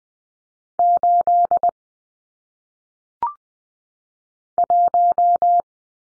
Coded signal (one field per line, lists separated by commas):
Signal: Morse code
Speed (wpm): 20 wpm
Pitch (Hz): 700 Hz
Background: none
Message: 8 1